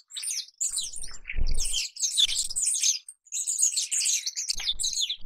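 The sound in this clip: Rosy starling chatter of harsh, squeaky high notes in bursts, with low thumping noises underneath.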